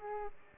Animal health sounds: mosquito wingbeat signal from an infrared sensor; Aedes aegypti

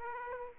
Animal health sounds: mosquito wingbeat signal from an infrared sensor; Aedes aegypti

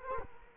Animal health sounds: mosquito wingbeat signal from an infrared sensor; Culex quinquefasciatus

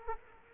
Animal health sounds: mosquito wingbeat signal from an infrared sensor; Culex quinquefasciatus

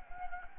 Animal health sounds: mosquito wingbeat signal from an infrared sensor; Anopheles gambiae

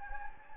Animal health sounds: mosquito wingbeat signal from an infrared sensor; Anopheles gambiae

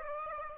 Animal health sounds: mosquito wingbeat signal from an infrared sensor; Aedes aegypti

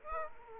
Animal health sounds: mosquito wingbeat signal from an infrared sensor; Aedes aegypti

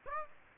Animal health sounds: mosquito wingbeat signal from an infrared sensor; Aedes aegypti

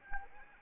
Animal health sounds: mosquito wingbeat signal from an infrared sensor; Anopheles arabiensis

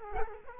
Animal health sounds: mosquito wingbeat signal from an infrared sensor; Culex quinquefasciatus

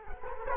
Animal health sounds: mosquito wingbeat signal from an infrared sensor; Culex quinquefasciatus

